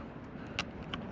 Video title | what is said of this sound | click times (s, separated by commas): Tesla Series Part 3… Windshield Electronics Transfer | barbed anchor back in like so. It snaps right in. | 0.6 s, 0.9 s